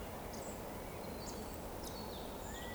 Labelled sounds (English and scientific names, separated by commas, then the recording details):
Eurasian Woodcock (Scolopax rusticola) whistle
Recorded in Baden-Württemberg, Germany, on 15 June 2020 at 19:38 UTC
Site 14569, 102 m above sea level